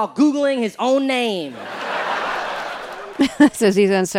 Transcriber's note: soundbite of laughter